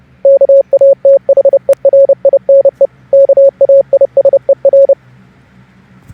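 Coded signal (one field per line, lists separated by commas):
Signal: Morse code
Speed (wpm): 30 wpm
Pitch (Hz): 550 Hz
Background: none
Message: KATHERINE KAISER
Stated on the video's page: Morse code typed on a mobile device using Google's Gboard Morse keyboard.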